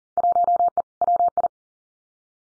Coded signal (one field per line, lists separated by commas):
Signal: Morse code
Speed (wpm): 38 wpm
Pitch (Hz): 700 Hz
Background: none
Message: 1E WI